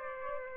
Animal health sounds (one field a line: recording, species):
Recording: mosquito wingbeat signal from an infrared sensor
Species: Aedes aegypti